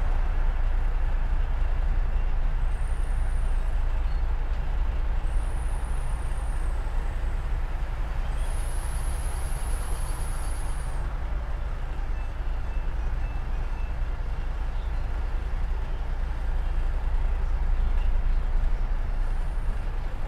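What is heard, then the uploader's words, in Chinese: City sounds while sitting outside in the sun: a steady low traffic rumble, with short high squeals around three, six, and nineteen seconds, plus a longer one at nine. 坐在300快外晒太阳｜城市声音。很喜欢300快外公交，坐在二层的第一排，被太阳从头到脚晒着，很浪漫。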